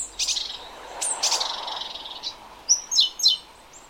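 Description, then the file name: Great tit giving harsh buzzy churring notes, followed by three crisp high notes that drop quickly in pitch. "Parus major"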